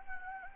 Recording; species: mosquito wingbeat signal from an infrared sensor; Anopheles arabiensis